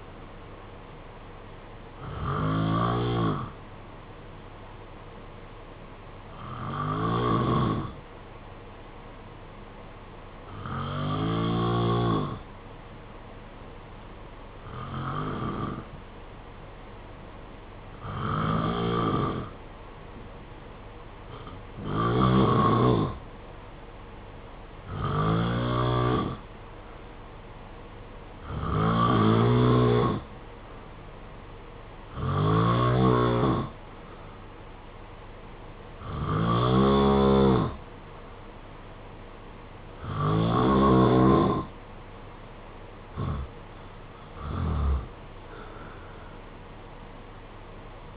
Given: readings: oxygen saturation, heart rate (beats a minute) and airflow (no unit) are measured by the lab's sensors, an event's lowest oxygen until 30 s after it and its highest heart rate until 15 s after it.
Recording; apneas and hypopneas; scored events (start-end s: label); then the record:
breathing in sleep by a voice recorder at the bedside; none
none scored
From the record:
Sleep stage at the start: N2 (light sleep); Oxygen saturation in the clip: 89 to 91%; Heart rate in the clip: 57 to 63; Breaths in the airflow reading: 12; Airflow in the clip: -5.0 to 4.0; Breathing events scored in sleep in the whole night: 476 in 9.7 hours asleep